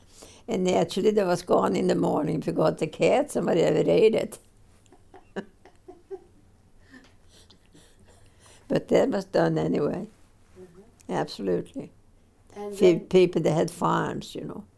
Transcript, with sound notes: And naturally that was gone in the morning. They got the cats, or somebody or other ate it. (they laugh) But that was done anyway. Absolutely. People they had farms, you know.